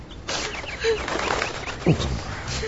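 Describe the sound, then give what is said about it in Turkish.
A pigeon coos in low, mournful, sobbing bursts, a couple of short throaty calls rising out of a steady rustling background hiss. “Hayrola güvercin kardeş, neden ağlıyorsun?”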